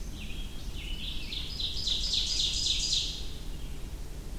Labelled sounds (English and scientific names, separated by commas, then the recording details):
Ovenbird (Seiurus aurocapilla) song
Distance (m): 25 m
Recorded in boreal forest in Alberta, Canada, on 23 June 2016 at 06:38
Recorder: SongMeter 3, array SBT-6-76
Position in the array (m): 21 m, 87 m
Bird 2